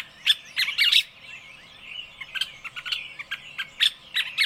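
Birds singing: dense bursts of high, sharp chirps and twittering notes over a steady background chatter of other birds.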